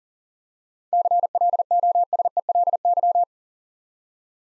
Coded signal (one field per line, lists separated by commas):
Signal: Morse code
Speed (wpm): 38 wpm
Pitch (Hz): 700 Hz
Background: none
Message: CLOSELY